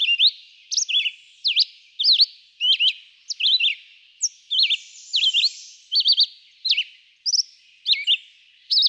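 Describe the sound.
Red-eyed vireo song: short slurred whistled phrases, rising and falling, delivered in a steady run with short pauses, with a faint buzzy sound midway.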